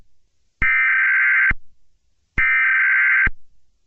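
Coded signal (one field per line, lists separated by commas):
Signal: Emergency Alert System (SAME) tones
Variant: header bursts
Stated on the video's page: Fictional EAS scenario themed on My Little Pony.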